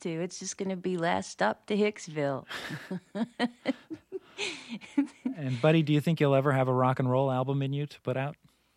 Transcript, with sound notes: It's just going to be last stop to Hicksville. (laughs)
And Buddy, do you think you'll ever have a rock and roll album in you to put out?